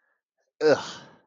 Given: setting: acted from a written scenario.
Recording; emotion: vocal sound without words; contempt